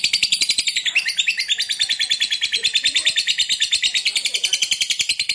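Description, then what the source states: Lovebird delivering a continuous, rapid, high-pitched chatter of rasping notes, several per second, without a break. Fighter lovebird singing energetically, in the gacor style.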